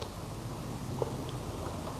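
A breathing apparatus demand valve has its two lugs located in the face mask's slots and is turned until it clicks into place at 1.0 s, a short sharp click above a steady low hum. The valve is seated and the set is ready to be donned.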